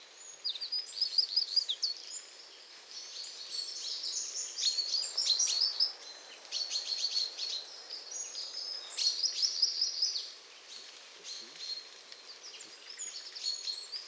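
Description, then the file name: Eurasian wren giving several loud bursts of rapid, high, tinkling trills and chattering notes separated by brief pauses, over steady background hiss. "Troglodytes troglodytes"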